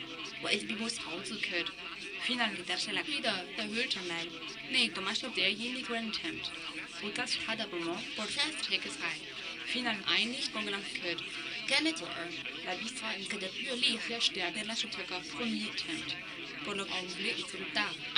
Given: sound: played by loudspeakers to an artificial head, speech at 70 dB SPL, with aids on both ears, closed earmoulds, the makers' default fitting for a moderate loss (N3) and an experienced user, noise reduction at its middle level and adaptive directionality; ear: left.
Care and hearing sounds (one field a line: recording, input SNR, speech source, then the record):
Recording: speech test signal (ISTS) in cocktail-party noise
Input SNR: +6 dB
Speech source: in front (0 degrees)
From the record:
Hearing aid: class 2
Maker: D